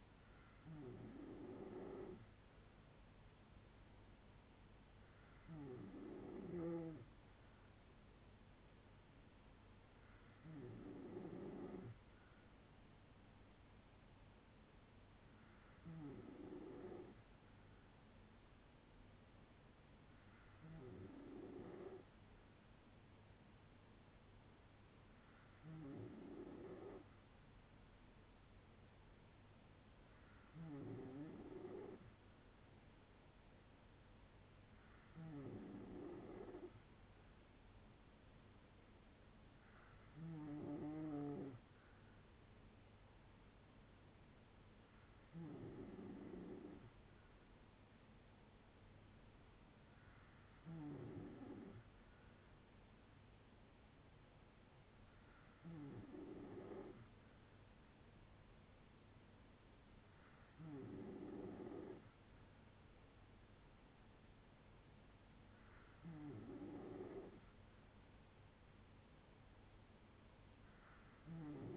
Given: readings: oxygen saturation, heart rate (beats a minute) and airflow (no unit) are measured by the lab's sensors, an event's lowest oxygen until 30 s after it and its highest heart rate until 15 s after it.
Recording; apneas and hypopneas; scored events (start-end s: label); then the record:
breathing in sleep by a voice recorder at the bedside; none
none scored
From the record:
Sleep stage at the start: N3 (deep sleep); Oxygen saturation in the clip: 93 to 95%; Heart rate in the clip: 57 to 68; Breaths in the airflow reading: 14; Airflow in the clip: -5.5 to 4.3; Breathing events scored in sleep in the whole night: 182 in 7.4 hours asleep